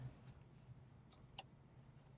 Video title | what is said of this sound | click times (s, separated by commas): Dell PowerEdge R720xd RAID Overview - RAID Card Options - Installation - RAID Configuration - RAID 5 | and you'll feel it click in over here and then you're going to take your blue clip to lock this into place and | 1.4 s